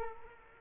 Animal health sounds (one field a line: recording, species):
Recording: mosquito wingbeat signal from an infrared sensor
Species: Culex quinquefasciatus